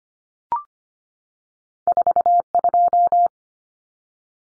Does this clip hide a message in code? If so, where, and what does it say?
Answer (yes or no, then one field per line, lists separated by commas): yes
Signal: Morse code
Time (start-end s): 1.9-3.3 s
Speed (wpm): 25 wpm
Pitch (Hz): 700 Hz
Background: none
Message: 42